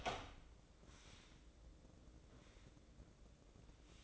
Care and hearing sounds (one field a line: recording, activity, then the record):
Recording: daily activity, microphone in the room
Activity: open door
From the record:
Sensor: 3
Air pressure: 1012.3 hPa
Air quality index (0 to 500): 177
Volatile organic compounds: 3 ppm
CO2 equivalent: 1357 ppm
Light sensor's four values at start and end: 555/1380/569/581 and 551/1370/565/576